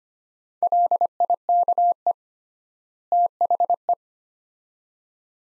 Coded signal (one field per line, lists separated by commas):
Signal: Morse code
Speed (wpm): 25 wpm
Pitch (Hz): 700 Hz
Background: none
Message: LIKE THE